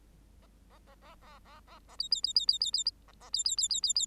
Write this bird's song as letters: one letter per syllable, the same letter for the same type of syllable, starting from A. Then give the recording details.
A A A A A A A A B B B B B B B A A B B B B B B. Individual Bird8